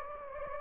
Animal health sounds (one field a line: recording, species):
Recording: mosquito wingbeat signal from an infrared sensor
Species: Anopheles gambiae